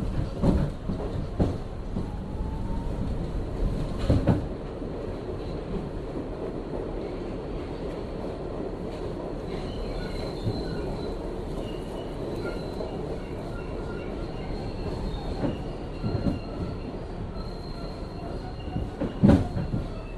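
Riding the 3 train between Clark Street and Atlantic Avenue in Brooklyn, a steady low rumble and rattle fills the car throughout. Sharp metallic clanks punctuate it near the start, around four seconds, and again near nineteen seconds, with faint high squeals drifting above midway.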